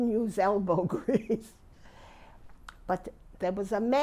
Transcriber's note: she laughs